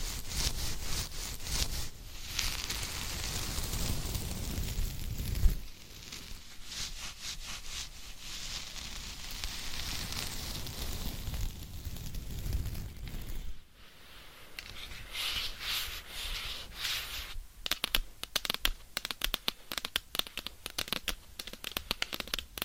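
Scratching and rubbing textures shift between sections, from dense continuous scraping to sparse bright taps, ending with rapid crisp tapping bursts.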